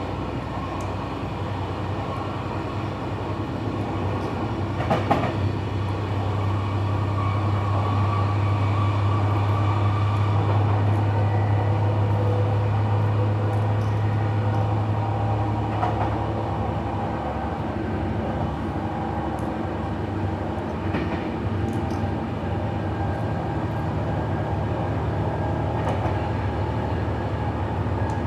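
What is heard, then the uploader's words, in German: Rattling of an evening train ride, a steady low rumble carrying throughout with dense, fine clatter from the tracks. A deep hum swells between about five and seventeen seconds, then eases. Brief sharp knocks stand out near five, sixteen, twenty-one and twenty-six seconds. Abendliche Zugfahrt, ratternde Gleise | Train ride, rattling tracks. Rattern einer abendlichen Zugfahrt, kaum Menschen und viel Stille im Abteil.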